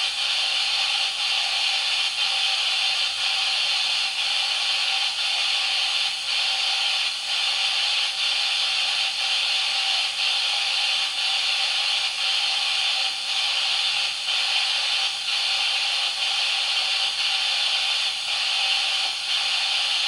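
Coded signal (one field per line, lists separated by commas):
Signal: radio time signal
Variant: DCF77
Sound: continuous loud hiss with brief regular dips roughly every second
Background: radio static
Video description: Im Hintergrund ist das Signal des Zeitzeichensenders DCF77 zu hören, welches diese Uhren synchronisiert.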